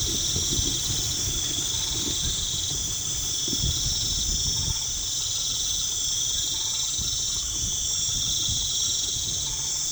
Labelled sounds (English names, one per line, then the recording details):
none
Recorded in pastures near Puerto Asís, Putumayo, Colombia, on 4 March 2025 at 19:00
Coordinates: 0.487, -76.322
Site G077